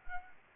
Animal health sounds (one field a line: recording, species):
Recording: mosquito wingbeat signal from an infrared sensor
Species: Anopheles arabiensis